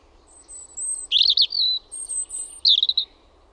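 European robin song: a short, sweet phrase of high warbled notes and thin drawn-out whistles.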